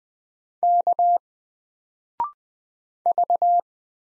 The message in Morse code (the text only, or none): K V